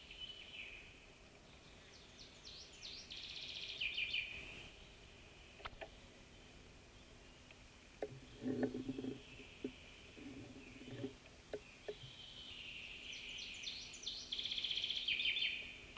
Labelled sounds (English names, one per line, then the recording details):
Common Chaffinch song
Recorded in the wild
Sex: male
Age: adult
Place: Altenbeken, Eggegebirge, Nordrhein-Westfalen, DE
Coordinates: 51.7842, 8.96417
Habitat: mountain ridge
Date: 1965-06-20
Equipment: Uher 4000 Report-S, Bändchenmikro Beyer M 260, Parabolspiegel Polyester (470 mm)
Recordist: Conrads, Klaus